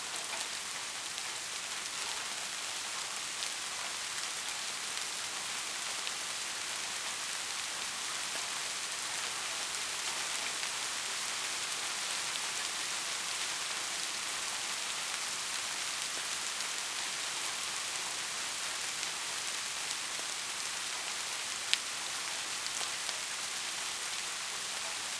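Heavy rain pours down in a steady, dense hiss that stays bright and even for the whole stretch, with little depth at the low end. A single sharp tick cuts through just before the 22-second mark.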